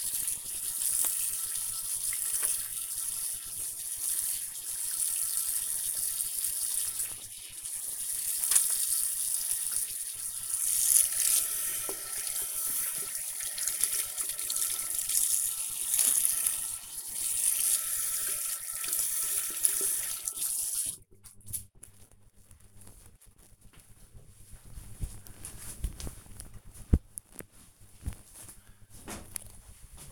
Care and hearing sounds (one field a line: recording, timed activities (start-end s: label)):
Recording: household activities, microphone on the right wrist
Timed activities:
0.00-21.50 s: washing hands